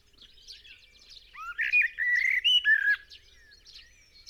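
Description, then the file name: Common blackbird song: one loud, fluid, mellow phrase of slurred whistles in midway, with softer twittering from other birds around it. "Turdus merula"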